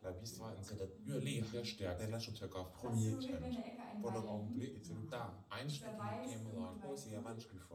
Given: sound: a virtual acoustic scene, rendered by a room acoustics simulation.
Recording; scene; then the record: noise of the scene; living room, asymmetric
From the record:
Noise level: 67 dB SPL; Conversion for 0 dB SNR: 5.4 dB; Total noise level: 72.4 dB SPL